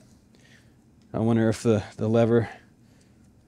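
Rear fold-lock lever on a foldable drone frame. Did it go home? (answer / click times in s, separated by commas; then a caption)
no / none. The rear folding release lever on a 7-inch FPV drone frame is pressed to lock the fold, but it does not engage, possibly because the lever has given way. Someone talks over a few faint, brief sounds, and nothing has clicked or locked into place yet.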